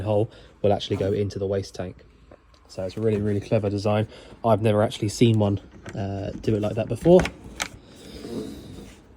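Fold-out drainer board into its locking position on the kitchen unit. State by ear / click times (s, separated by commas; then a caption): not seated / none. In the kitchen of a 2002 IH motorhome, a fold-out drainer board is handled toward its locking position on the kitchen unit. Someone talks through most of the clip, and a short sharp knock sounds at about 7.6 s. Nothing has seated or clicked into place yet.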